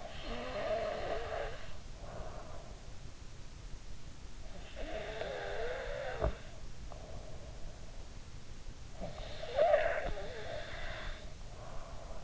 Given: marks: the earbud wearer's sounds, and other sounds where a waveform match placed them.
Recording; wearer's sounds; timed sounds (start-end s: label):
sounds in sleep by an in-ear microphone; snoring breath
0.00-2.71 s: snoring breath
4.49-7.95 s: snoring breath
8.98-12.24 s: snoring breath